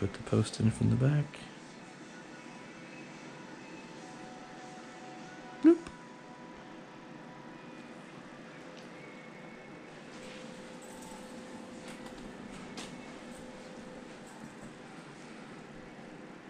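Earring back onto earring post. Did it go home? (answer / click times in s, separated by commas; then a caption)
no / none. An earring back is being handled for the second earlobe, with the earring post put in from the back, while someone talks briefly at the start. A short sharp tick is heard around 5.7 s, then a low steady background hum. Nothing has seated or clicked onto the post yet.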